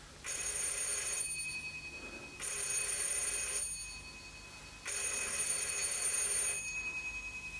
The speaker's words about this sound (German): Mit jedem Schrillen schien mir die Klingel lauter zu werden, wie eine Sirene, die immer näher kommt.